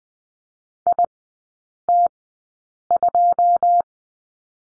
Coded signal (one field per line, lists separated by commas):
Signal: Morse code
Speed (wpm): 20 wpm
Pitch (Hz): 700 Hz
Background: none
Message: IT2